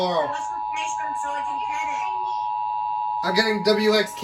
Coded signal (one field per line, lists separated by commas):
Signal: Emergency Alert System (SAME) tones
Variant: 853 and 960 Hz attention tone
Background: speech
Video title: More Insanity + Weeklies & Monthlies - EAS Alerts From 9/19/23 - 9/21/23 (EAS #936-960)